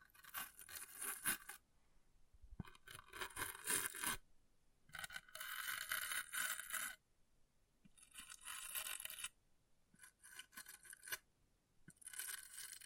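An object scratches across a surface in repeated strokes, each lasting one to two seconds, with short quiet pauses between them. The scraping is bright and gritty, with faint metallic glints, and six strokes come at a fairly regular pace.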